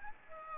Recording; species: mosquito wingbeat signal from an infrared sensor; Aedes aegypti